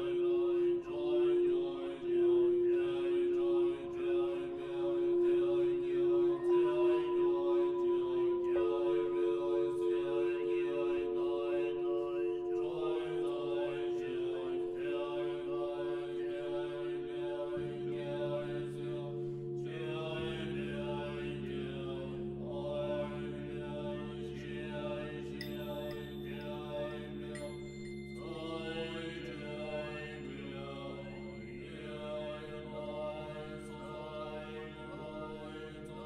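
Buddhist chanting with sustained singing bell tones: a bright steady ring holds through the first half while layered voices drone and shift in pitch. Around twenty seconds a deep low hum joins and stays, and a faint high shimmer appears late. Level stays fairly even, easing slightly.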